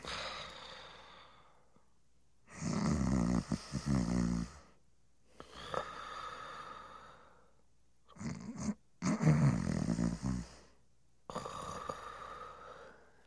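An adult man snores: two loud, rattling, low-pitched snores on the in-breath, each about two seconds long, alternate with softer breathy out-breaths, roughly ten breaths a minute. The snore is both nasal and throaty, typical of ordinary snoring from vibrating soft tissue in the upper airway.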